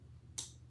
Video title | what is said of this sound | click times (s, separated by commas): IV start skill | And once I hear that click, | 0.4 s